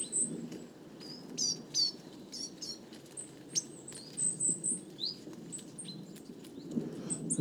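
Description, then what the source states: Coal tits giving thin, very high calls from a flock, scattered brief notes and short trills, with clicking handling noise and a low rumble underneath. Flock of over 50 Coal tits, 29 September 2019, evening, Les Casses, Drôme; recorded in mono with a Wildtronic parabolic dish, which caused heavy handling noise.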